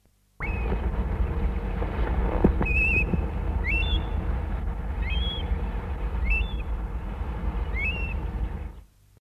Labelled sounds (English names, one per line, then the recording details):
Eurasian Stone-curlew call
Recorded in the wild
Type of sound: call
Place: Litochoron, GR
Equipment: Halbspur, 9,5 cm/s
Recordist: Lütgens, Hans
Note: Rufe